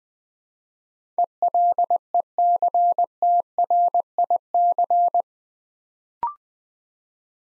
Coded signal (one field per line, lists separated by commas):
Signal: Morse code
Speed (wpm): 20 wpm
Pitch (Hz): 700 Hz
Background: none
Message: ELECTRIC